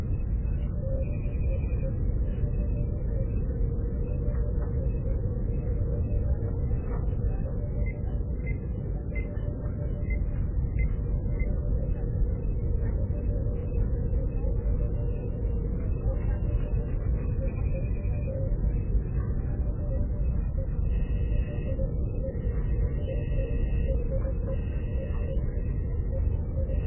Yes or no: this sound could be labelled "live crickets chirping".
no